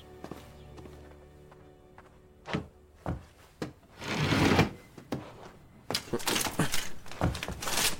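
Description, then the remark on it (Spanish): A door is thumped with heavy, dull blows in the 2007 film Aliens vs. Predator: Requiem (Latin Spanish dub): first irregular single knocks, then a longer rattling burst, and finally a faster run of loud poundings. “¿Hay algún problema con la puerta?”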